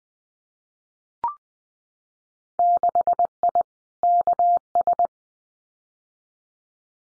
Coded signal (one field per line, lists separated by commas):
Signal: Morse code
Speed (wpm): 20 wpm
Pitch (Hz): 700 Hz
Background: none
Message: 6I KS